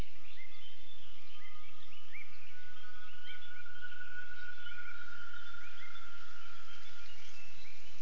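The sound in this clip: Gibbon calls: several short rising whistled notes, heard over a long steady tone and constant hiss.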